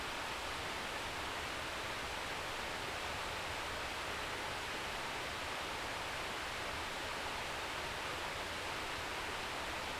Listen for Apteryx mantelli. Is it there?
no